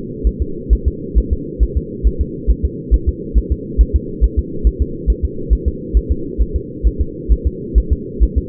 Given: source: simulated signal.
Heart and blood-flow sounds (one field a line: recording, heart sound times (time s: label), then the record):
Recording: fetal heart sounds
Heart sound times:
0.27 s: S1
0.42 s: S2
0.73 s: S1
0.88 s: S2
1.18 s: S1
1.33 s: S2
1.63 s: S1
1.77 s: S2
2.07 s: S1
2.21 s: S2
2.51 s: S1
2.65 s: S2
2.94 s: S1
3.09 s: S2
3.38 s: S1
3.52 s: S2
3.81 s: S1
3.96 s: S2
4.24 s: S1
4.39 s: S2
4.67 s: S1
4.82 s: S2
5.10 s: S1
5.25 s: S2
5.53 s: S1
5.68 s: S2
5.97 s: S1
6.12 s: S2
6.41 s: S1
6.56 s: S2
6.87 s: S1
7.01 s: S2
7.32 s: S1
7.47 s: S2
7.78 s: S1
7.93 s: S2
8.23 s: S1
8.38 s: S2
From the record:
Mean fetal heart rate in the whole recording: 135 bpm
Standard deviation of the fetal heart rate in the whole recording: 3 bpm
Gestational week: 34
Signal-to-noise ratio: -4.3 dB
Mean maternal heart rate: 72 bpm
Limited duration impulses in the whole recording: absent